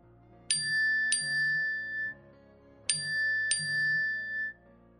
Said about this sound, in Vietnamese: Âm báo tin nhắn vang lên